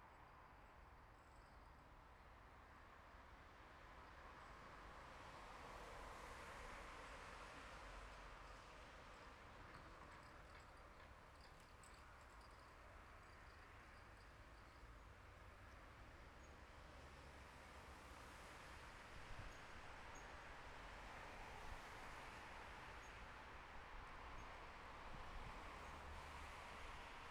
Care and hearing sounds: everyday scene through a hearing-aid microphone; in traffic; traffic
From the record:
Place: bus stop on a city main road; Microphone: behind the ear, left, front

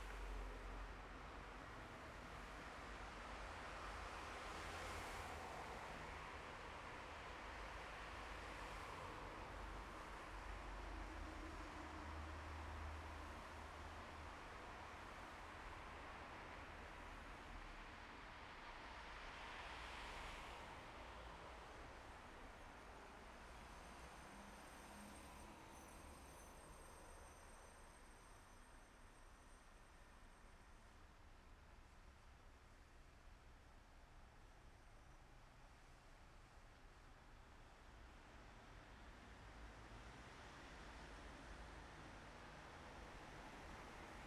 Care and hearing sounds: everyday scene through a hearing-aid microphone; in traffic; traffic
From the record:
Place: bus stop on a city main road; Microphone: behind the ear, left, front

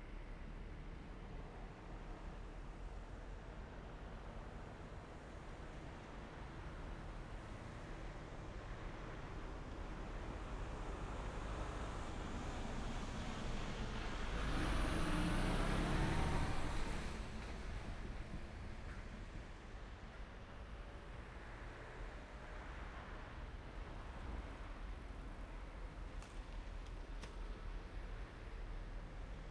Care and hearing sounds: everyday scene through a hearing-aid microphone; in traffic; traffic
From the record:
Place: main road on the outskirts, rush hour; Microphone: behind the ear, right, rear

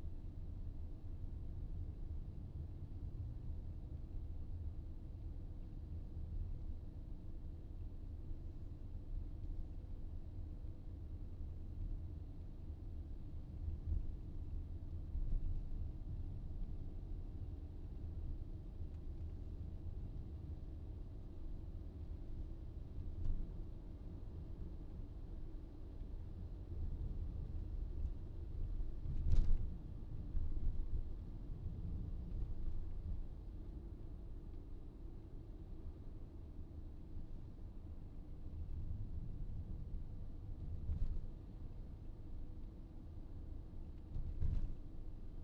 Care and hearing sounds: everyday scene through a hearing-aid microphone; in a vehicle; engine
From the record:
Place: VW T5 Caravelle, diesel engine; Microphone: in the ear canal, right

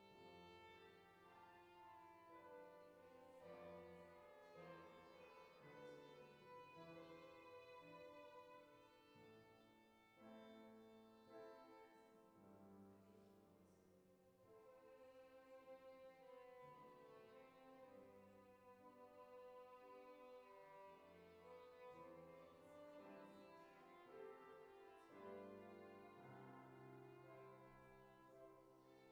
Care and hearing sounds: everyday scene through a hearing-aid microphone; reverberant space; music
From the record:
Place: church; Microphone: behind the ear, left, front

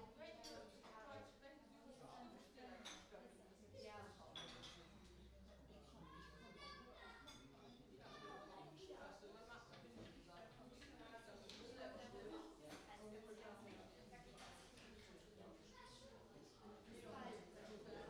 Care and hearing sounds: everyday scene through a hearing-aid microphone; many people talking; many voices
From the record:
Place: parish hall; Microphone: in the ear canal, right

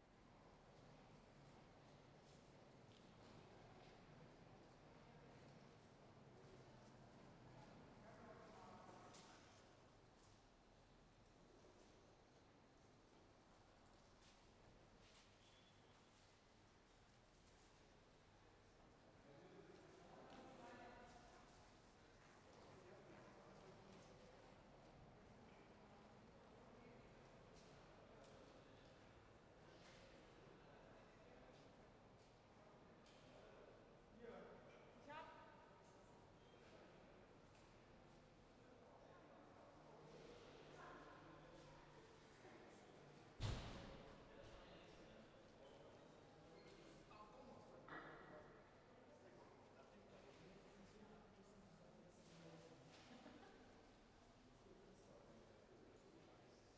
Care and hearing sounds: everyday scene through a hearing-aid microphone; reverberant space; background noise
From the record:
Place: railway station hall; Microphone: behind the ear, left, rear

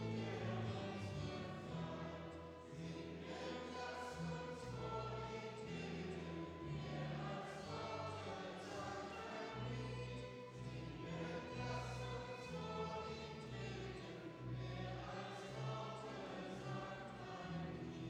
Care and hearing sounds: everyday scene through a hearing-aid microphone; reverberant space; music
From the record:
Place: church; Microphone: in the ear canal, left

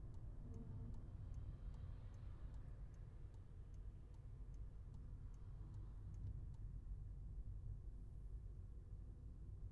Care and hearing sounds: everyday scene through a hearing-aid microphone; in a vehicle; engine, highway driving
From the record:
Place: Skoda Fabia, gasoline engine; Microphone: behind the ear, left, front

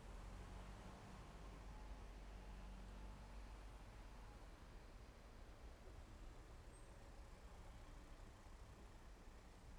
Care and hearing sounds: everyday scene through a hearing-aid microphone; in traffic; traffic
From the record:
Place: main road on the outskirts, rush hour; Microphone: behind the ear, left, rear

